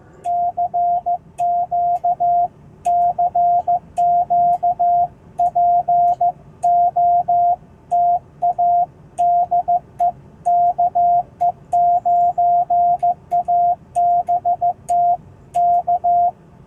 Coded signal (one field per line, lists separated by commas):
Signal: Morse code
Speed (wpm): 13 wpm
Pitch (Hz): 700 Hz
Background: none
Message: CQ CQ POTA DE KE9ABT K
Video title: Successful POTA Activation Down Town Indianapolis!